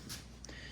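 The lock on a Longhorn Fab quick-release slide seat mount in an off-road buggy is slid over so the seat locks in place on its stock Razor rails. Over steady low background noise, a sharp, short click is heard at 0.5 s, followed at once by a softer, longer knock. The latch locks and the seat is seated.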